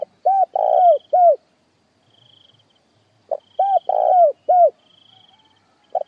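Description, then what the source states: Spotted dove coo sequence, two short coos, a long note and a falling coo, repeated after a short pause, against an intermittent high insect trill. Calling the flock.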